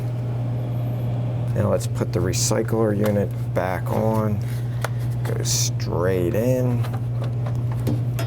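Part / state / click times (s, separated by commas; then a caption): bill recycler unit into bill acceptor housing / not seated / none. A CPI Talos bill recycler unit is pushed straight back onto the bill acceptor housing in a vending machine. Someone talks over a steady low hum, and a few short handling knocks come near the end. Nothing has seated or clicked yet.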